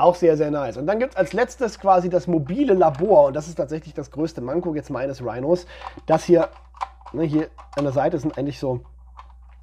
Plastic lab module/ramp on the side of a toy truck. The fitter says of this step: Die sind aber schon so abgenutzt, dass das hier nicht mehr wirklich einrastet.